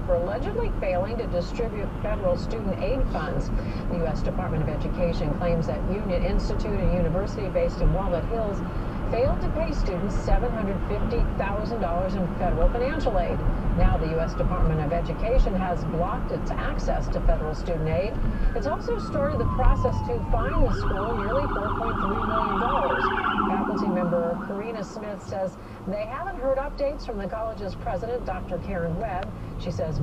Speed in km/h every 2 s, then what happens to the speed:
45, 48, 50, 55, 58, 60, 60, 58, 58, 50, 34, 15, 0, 6, 16.
0-10 speeds up to 60. 10-17 steady at about 58. 17-24 brakes to 0. 25-30 pulls away to 16.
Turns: none.